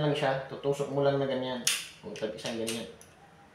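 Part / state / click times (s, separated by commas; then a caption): electrical wire into a light switch push-in terminal / not seated / none. A stripped electrical wire is pushed toward the push-in terminal of a wall light switch while someone talks, with a few brief handling noises between the words. The clip ends before the wire goes home, and nothing has seated or clicked yet.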